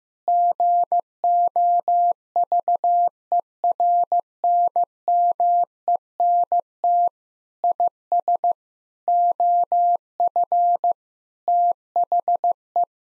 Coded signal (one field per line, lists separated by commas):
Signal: Morse code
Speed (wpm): 15 wpm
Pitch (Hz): 700 Hz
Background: none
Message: GOVERNMENT IS OF THE